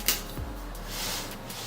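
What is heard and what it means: A locking tab on a hard drive tray is pressed in on a hot-swap drive enclosure bay made by iStarUSA, and the tab clicks locked at 0.1 s with a sharp, bright snap. A low hum and faint handling noise continue for the rest of the short clip, and the tray is seated and locked.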